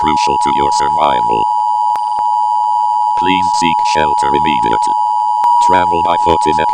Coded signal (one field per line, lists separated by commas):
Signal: Emergency Alert System (SAME) tones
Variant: 853 and 960 Hz attention tone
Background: speech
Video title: EAS CICADA ANNOUNCMENT